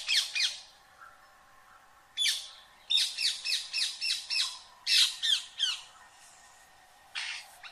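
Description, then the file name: Rose-ringed parakeet uttering sharp, piercing squawks in clusters, a quick series midway, with pauses between groups and a faint steady background hum. "Canto do periquito indiano"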